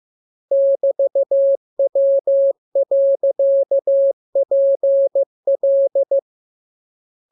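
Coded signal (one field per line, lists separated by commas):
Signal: Morse code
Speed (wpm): 15 wpm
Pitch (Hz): 550 Hz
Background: none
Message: <BT>W.PL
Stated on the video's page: Morse lesson 16 drill of letters KMURESNAPTLWI.JZ=, radiograms preceded by VVV and section sign, ended with AR.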